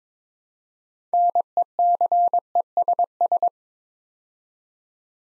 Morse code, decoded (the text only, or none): NECESS